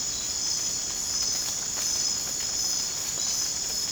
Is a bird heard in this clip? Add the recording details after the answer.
no. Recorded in dense forest near Puerto Asís, Putumayo, Colombia, on 25 June 2025 at 00:00. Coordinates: 0.486, -76.317. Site G065